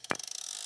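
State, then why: Seated. The metal wheel brace on the rack arm of a Kuat Piston Pro 2 bike rack, fitted to a 2024 Kia Sportage, is lowered with its tab held down into the stowed position. Its ratchet clicks sharply at 0.0, 0.1, 0.2, 0.3, 0.4 and 0.5 seconds, and the ratcheting is what shows it will lock. The brace comes down and locks in place.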